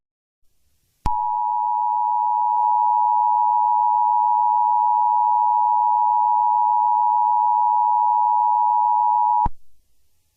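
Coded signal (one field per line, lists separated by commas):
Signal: Emergency Alert System (SAME) tones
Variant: 853 and 960 Hz attention tone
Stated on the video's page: Fictional EAS scenario.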